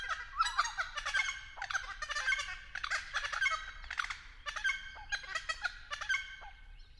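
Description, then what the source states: Friarbird giving harsh, raucous, cackling calls in rapid bursts, with harmonic notes stacked across the middle pitches and short gaps between phrases. Calling from an Angophora tree.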